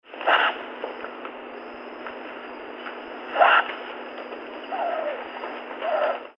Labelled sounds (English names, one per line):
Short-beaked Echidna